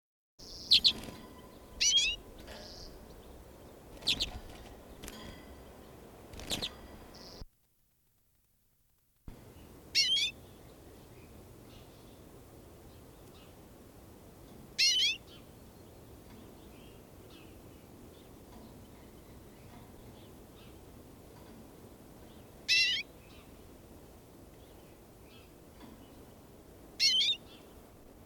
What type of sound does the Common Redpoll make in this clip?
call